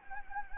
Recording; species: mosquito wingbeat signal from an infrared sensor; Anopheles gambiae